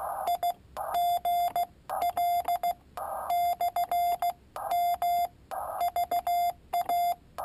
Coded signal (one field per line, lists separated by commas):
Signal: Morse code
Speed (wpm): 16 wpm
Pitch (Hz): 700 Hz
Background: none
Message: IGL/M VA